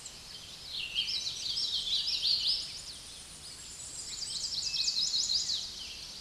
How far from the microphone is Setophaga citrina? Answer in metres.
about 30 m